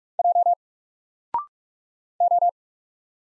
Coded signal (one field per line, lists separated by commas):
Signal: Morse code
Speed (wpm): 45 wpm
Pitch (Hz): 700 Hz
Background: none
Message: J O